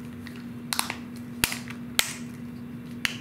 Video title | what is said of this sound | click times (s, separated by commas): DIY - LEXUS How to change SmartKey Key fob Battery on Lexus LS460 LS600 | this back here give it a good squeeze you'll hear the Pops okay | 0.7 s, 1.4 s, 2.0 s, 3.0 s